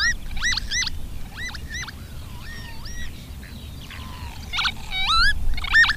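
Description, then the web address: Northern lapwing calls, repeated slurred up-and-down wheezy notes, some in quick pairs, with a few drawn-out glides. "agykontroll Madardalok Cd 3. Bíbic"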